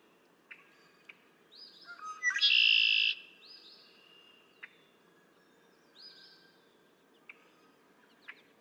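Red-winged blackbird song: a single loud buzzy trill after brief stuttering notes, set among sharp clicking ticks and faint higher whistles.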